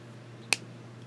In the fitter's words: got a nice little click when you put the cap back on it. I like that.